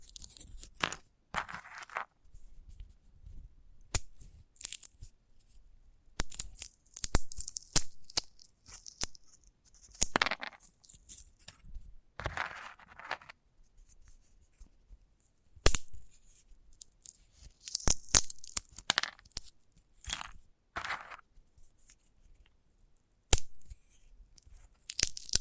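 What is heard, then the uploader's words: Dry handling of a sunflower head: crisp snaps, scratches and crinkly rustles come in irregular bursts with brief silent gaps. Sharp clicks cut through at intervals, and a few louder crunchy tearing sounds stand out. ASMR of a Sunflower Head (No Talking).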